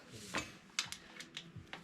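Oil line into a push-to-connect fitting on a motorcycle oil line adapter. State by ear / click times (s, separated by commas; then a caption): seated / 0.8 s. An oil line is pushed onto a push-to-connect fitting on a Twin Cam chopper's motorcycle oil line adapter. Short sharp knocks and taps are heard, with the strongest sharp click at 0.8 s as the line seats. After it, the fitting holds and the line does not fall out.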